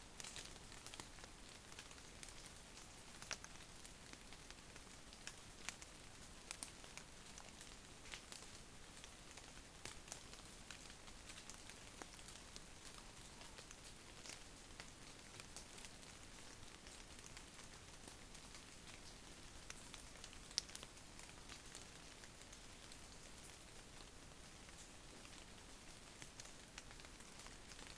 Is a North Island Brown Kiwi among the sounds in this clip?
no